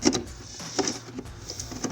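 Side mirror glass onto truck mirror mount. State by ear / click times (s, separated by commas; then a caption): not seated / none. The lower mirror glass with its plastic backing is handled against the side mirror motor mount of a 2015-or-newer Ford F-150 truck with factory towing mirrors, making short, sharp plastic knocks at about 0.1 s, 0.2 s, 0.8 s and 0.9 s. The clip ends before the glass goes home, and nothing has seated or clicked yet.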